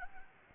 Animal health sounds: mosquito wingbeat signal from an infrared sensor; Anopheles gambiae

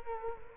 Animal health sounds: mosquito wingbeat signal from an infrared sensor; Culex quinquefasciatus

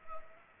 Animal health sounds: mosquito wingbeat signal from an infrared sensor; Anopheles arabiensis

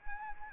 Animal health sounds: mosquito wingbeat signal from an infrared sensor; Anopheles arabiensis

